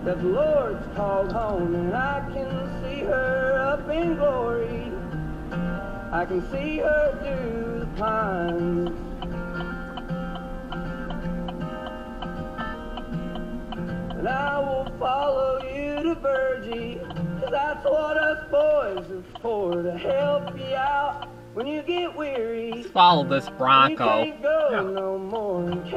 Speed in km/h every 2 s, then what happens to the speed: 31, 37, 37, 35, 37, 37, 32, 23, 15, 0, 0, 0, 0.
0-2 speeds up to 37. 2-10 steady at about 37. 10-18 brakes to 0. 18-26 standing.